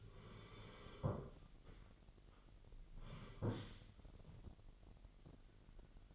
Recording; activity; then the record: daily activity, microphone in the room; sit down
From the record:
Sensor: 4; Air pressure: 999.3 hPa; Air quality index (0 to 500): 112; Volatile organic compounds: 2 ppm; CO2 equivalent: 1110 ppm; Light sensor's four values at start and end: 11/25/10/11 and 11/25/10/11